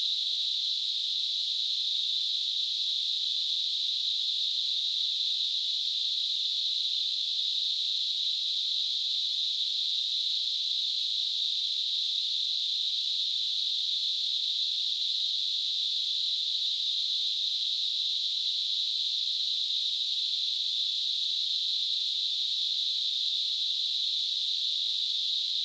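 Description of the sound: A steady, high-pitched hiss in a narrow band near 4 kHz runs unchanged for about 26 seconds, with no rhythm, pulsing or breaks. It is a simulated tinnitus sound, imitating the constant hissing or ringing a person with tinnitus perceives.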